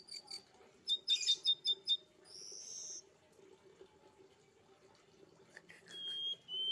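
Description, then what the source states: Streaked spiderhunter song: a quick series of high sharp chirps, then a buzzy note and a thin whistle, with a faint hum behind. Training recording for cage birds; loud, clear, long singing.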